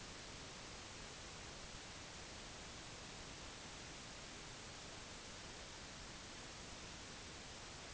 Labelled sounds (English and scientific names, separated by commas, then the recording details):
none
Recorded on Arctic tundra, site NAIT-1, on 25 June 2019
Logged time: 10:00